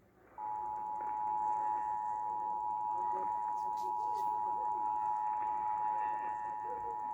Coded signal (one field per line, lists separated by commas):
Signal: Emergency Alert System (SAME) tones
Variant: 853 and 960 Hz attention tone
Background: speech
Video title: August Has Arrived | EAS Tests From 8/3/2021 (EAS #827-836)